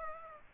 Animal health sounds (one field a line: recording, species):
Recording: mosquito wingbeat signal from an infrared sensor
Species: Aedes aegypti